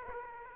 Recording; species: mosquito wingbeat signal from an infrared sensor; Aedes aegypti